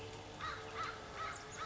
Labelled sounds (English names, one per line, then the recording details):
American Crow
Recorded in Sonoma County, California